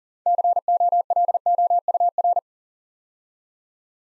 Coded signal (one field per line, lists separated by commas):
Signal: Morse code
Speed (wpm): 39 wpm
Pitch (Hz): 700 Hz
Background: none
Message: COLOUR